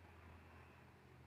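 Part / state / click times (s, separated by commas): wiring connector clip onto the fuel pump unit of a scooter / not seated / none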